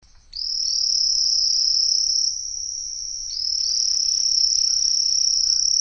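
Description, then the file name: Steineger's paddy frog producing a continuous high buzzy trill that briefly drops in strength, then resumes, sounding much like a cricket. "Micryletta steinegeri"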